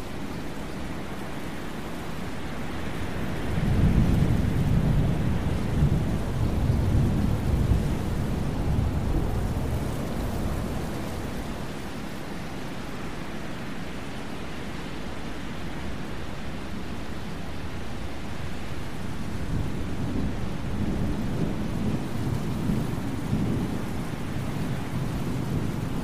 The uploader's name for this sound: Thunderstorm Sounds